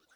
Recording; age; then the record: pig call; piglet (1 to 25 days)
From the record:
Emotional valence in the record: positive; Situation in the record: short reunion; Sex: male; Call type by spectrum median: high-frequency call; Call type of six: mixed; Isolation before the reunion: 3 minutes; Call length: 0.16 s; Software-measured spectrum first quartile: 1321 Hz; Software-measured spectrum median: 2444 Hz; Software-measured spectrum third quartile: 6135 Hz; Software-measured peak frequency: 1530 Hz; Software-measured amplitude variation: 172 dB a second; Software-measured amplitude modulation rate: 9.4 a second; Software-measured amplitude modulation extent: 18.3 dB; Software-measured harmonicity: 2.0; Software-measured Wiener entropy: -1.36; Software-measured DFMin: 1117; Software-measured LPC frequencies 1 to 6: 1503, 3741, 5546, 6365, 7274, 8218 Hz